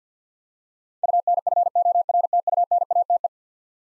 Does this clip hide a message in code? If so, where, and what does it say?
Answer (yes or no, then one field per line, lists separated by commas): yes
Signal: Morse code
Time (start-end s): 1.0-3.3 s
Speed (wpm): 50 wpm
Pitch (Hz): 700 Hz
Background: none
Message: UNFORTUNATE